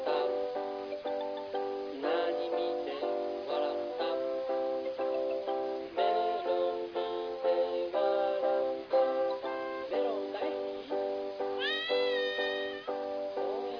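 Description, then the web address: Goose calls: nasal, harmonic honks repeated about once a second, some bending upward, ending with a higher rising squeal near the end. "hisao ra 01 ganso ganso"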